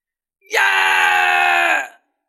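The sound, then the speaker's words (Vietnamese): A man lets out a long, drawn-out scream, loud and strained, holding one steady pitch for about a second and a half before breaking off, with nothing else around it. “Cường giả đế tộc hét dài, hắn dùng mọi sức lực để thoát khỏi cú nắm này.”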